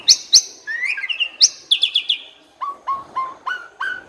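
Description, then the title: Asian pied starling song: sharp high notes and trills, then a series of lower whistled notes repeated at a steady pace. Used to train cage birds that sing too little or are sluggish. "Masteran Jalak Suren Atasi Burung KURANG GACOR Dan LOYO"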